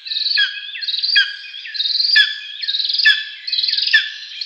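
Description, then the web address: Lesser spotted eagle giving a steady series of buzzy, throbbing notes, each ending in a clipped falling yelp, repeated roughly once a second. "Schulze Peter Lesser Spotted Eagle"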